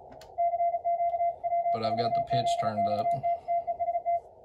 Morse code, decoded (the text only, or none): CQ W4ZXT TEST